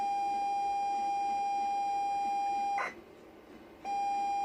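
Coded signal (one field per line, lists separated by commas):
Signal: ZX Spectrum tape loading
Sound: steady mid-pitched buzzing lead tone, short harsh chirp, a second of quiet, tone again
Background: tape hiss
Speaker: he's jack the nipper now everyone recognize this was used a number of times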